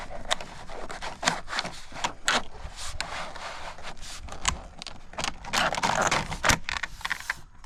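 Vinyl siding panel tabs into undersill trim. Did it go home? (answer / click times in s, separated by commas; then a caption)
yes / 0.3 s, 1.3 s, 3.0 s, 4.5 s, 7.1 s. The top edge of a vinyl siding panel, loose at the top, is pressed up along the wall so its added tabs engage the undersill trim, with scraping and rubbing between the sharp snaps. The tabs click into place at 0.3, 1.3, 3.0, 4.5 and 7.1 seconds, and the panel is seated.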